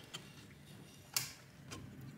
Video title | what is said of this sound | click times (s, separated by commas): Acer Nitro N50-600 Teardown and Upgrade options | and make a bit of a click sound so i'm going to try and do that now hopefully you guys can hear it there | 1.2 s